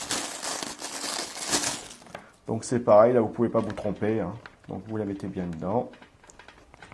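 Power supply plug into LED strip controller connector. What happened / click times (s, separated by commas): A plug is being handled toward its socket but has not clicked home yet / none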